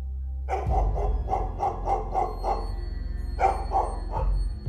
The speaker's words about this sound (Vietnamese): Loáng thoáng nghe có tiếng một con chó nó sủa ông ổng.